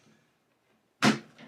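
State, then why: Not seated. A plastic hopper is lined up by its handle with the pulp outlet and twisted onto the juicing bowl of a Hurom H400 juicer. A faint low rustle gives way at about 1.0 s to a sudden broadband scrape of plastic that fades, followed by softer handling noise. Nothing has seated or clicked yet.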